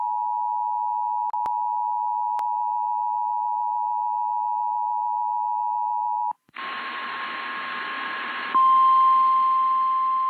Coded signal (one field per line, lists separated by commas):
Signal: Emergency Alert System (SAME) tones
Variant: 853 and 960 Hz attention tone